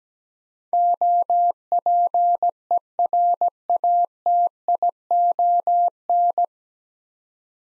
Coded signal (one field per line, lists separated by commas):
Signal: Morse code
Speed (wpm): 17 wpm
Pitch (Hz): 700 Hz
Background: none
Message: OPERATION